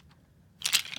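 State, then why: Seated. The plastic lid of a Playmobil Take Along Haunted House playset case is pressed down over the stored toy pieces and onto its base. After near-silence, sharp crunchy plastic snaps come at 0.7 s and 0.8 s, followed by smaller rattling clicks near 0.9 s and 1.0 s. The lid snaps closed and is seated.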